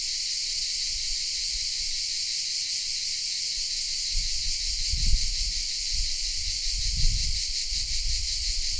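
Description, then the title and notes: Cicadas buzz steadily at high pitch while low rumbling thumps and rustling rise in the second half. Recorded in shade of pine trees in the park of the Certosa di Padula, Italy; mainly cicadas; Zoom H6 with MS capsule. "Cicale nel parco della Certosa. Registrazione all'ombra dei pini nel parco della Certosa di Padula. Principalmente biofonie prodotte da cicale e corvi"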